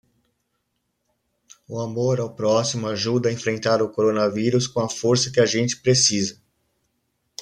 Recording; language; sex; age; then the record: spoken sentence; Brazilian Portuguese; male; 40 to 49 years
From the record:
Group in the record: control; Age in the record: 48 years